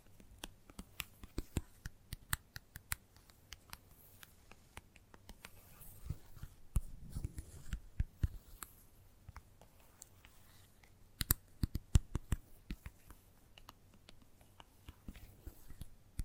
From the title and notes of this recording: ASMR Gentle Tapping Tickles Your Brain (No Talking).